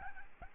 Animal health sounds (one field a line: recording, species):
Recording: mosquito wingbeat signal from an infrared sensor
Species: Aedes albopictus